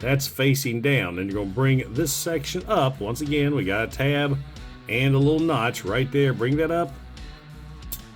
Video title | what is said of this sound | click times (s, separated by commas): Transformers Studio Series 110 Shockwave | and now snap into place same thing on the other side bring it up | 7.9 s